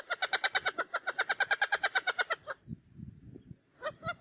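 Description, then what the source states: Wattled jacana: many loud, nasal, evenly spaced notes in a rapid rattle, then brief low rumbling and two final harsh notes. Song (canto).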